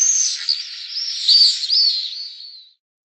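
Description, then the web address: Pallid swift screams, a continuous high buzzy trill of overlapping shrill notes lasting under three seconds, fading out at the end. "Schulze Peter Pallid Swift"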